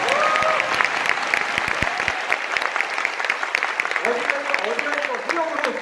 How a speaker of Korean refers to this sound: 이 정도에 박수 한번 쳐주셔야 됩니다.